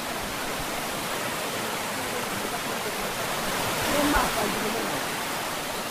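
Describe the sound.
The Mhanda river rushes under a destroyed bridge between the Muyewe and Musigati zones in Musigati commune, Burundi, in a steady, unbroken roar that holds even for the whole stretch, with a faint murmur of voices rising briefly partway through.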